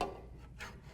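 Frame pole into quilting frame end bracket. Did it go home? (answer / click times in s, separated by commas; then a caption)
no / none. A metal frame pole with a spring push-button latch is handled at the 16-inch throat-space hole of a quilting frame's end bracket. A brief sharp transient at the very start gives way to soft rubbing and scraping, with a brighter scrape around 0.6 s. Nothing has seated or clicked yet.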